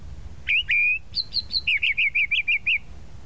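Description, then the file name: Tropical mockingbird song: two long slurred whistles, then a fast series of short repeated notes. "Canto-do-Sabiá-da-Praia"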